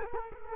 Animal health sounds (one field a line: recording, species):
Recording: mosquito wingbeat signal from an infrared sensor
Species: Culex quinquefasciatus